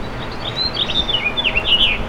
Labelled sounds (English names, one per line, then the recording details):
House Finch song
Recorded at Glen Cove on Long Island, New York, on 14 June 2013
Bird D